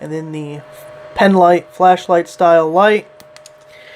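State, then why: Seated. Someone talks, then the articulating head of a rechargeable LED work light is folded fully closed onto its plastic body. It snaps into a detent with two short clicks at 3.4 s and 3.5 s, seating it in place.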